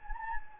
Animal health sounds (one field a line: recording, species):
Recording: mosquito wingbeat signal from an infrared sensor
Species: Anopheles gambiae